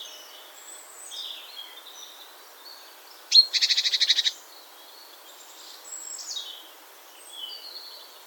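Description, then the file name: Great tit delivering one loud, rasping rattled churr of quick pulses, starting with a sharp note, while other birds sing softly in the background. "Parus major"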